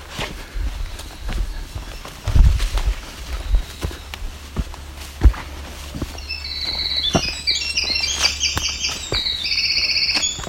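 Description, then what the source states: Winter Wren song: after heavy crunching footsteps, a long rapid cascade of high tinkling notes and trills runs continuously for several seconds. Singing male, one of at least five estimated in the area, on the Bruce Peninsula; recorded while walking a forest trail.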